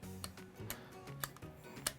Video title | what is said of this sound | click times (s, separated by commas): Daystate Wolverine Side Lever Swap - Service & Repair | There we go. You'll get it and it'll lock into place. | 1.9 s